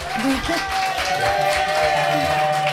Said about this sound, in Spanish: Una emisión de Fueguitos en la Caverna, esta vez en directo con público presente. Y si no nos creen, les pedimos un aplauso a ver si suena. A ver.